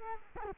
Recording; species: mosquito wingbeat signal from an infrared sensor; Culex quinquefasciatus